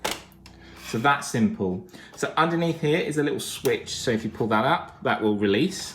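A monitor stand column for an AOC 27P2Q monitor, its two top teeth placed into the monitor's rear mount, is pushed down and locks onto the display with a sharp click at 0.1 s. A few faint ticks follow, then someone talks.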